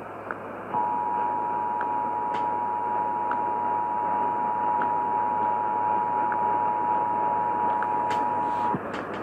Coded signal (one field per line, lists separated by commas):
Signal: Emergency Alert System (SAME) tones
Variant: 853 and 960 Hz attention tone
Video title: Pennsylvania EAS Required Monthly Test (October 17, 2019)